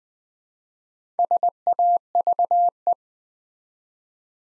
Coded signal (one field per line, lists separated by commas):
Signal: Morse code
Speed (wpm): 20 wpm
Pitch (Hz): 700 Hz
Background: none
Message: SAVE